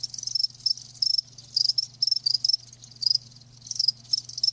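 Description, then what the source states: Cricket chirping in distinct high trilled bursts separated by brief pauses, over a soft steady hum. Live crickets chirping with a lulling song.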